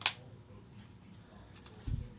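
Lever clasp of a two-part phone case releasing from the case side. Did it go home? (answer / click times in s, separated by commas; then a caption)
released / 0.1 s. A fingernail goes into the notch of the lever clasp on a two-part GraftConcepts Leverage i5 phone case for an iPhone 5, and the clasp is pulled off the side of the case. A sharp, bright snap at 0.1 s marks the clasp letting go and releasing the lever, followed by quiet handling and a low dull thump near 1.9 s.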